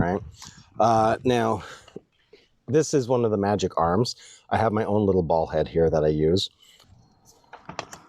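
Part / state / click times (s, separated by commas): camera ball head onto backpack magic arm / seated / 7.8 s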